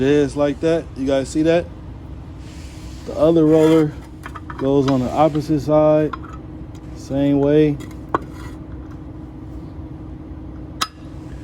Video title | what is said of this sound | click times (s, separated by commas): CHANGING A WHEEL SEAL ON A TRACTOR TRAILER #semitruck #whowillbemylifepartnerta #mechaniclife #truck | Snaps in place, right? | 10.8 s